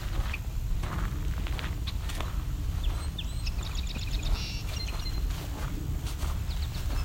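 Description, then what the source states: Indigo Bunting song: a high, bright series of paired notes repeated rapidly for about a second and a half, over steady background noise. Male singing from a tall beech tree at the edge of a woodlot, beside an open park field of tall grass and prairie with wide, flat trails.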